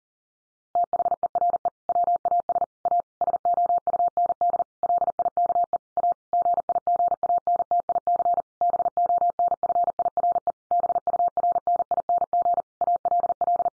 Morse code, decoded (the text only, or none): THERE WAS A SOUND LIKE A GIGANTIC BONFIRE BURNING ALL